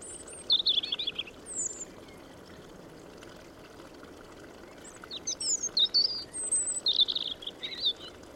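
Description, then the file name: European robin song: a brief high jumble and thin whistle, then silence, then a longer run of sharp, twittering, varied notes, against a soft steady hiss. "Erithacus rubecula"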